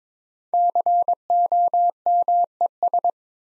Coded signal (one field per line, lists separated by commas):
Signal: Morse code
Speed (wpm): 22 wpm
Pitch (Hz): 700 Hz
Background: none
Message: COMES